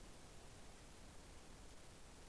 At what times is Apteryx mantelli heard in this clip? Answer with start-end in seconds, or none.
none